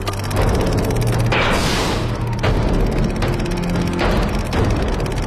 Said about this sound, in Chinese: 那么这个铁箱子里到底藏着什么秘密呢？当地干部群众决定为了揭开这个秘密，把这箱子砸开。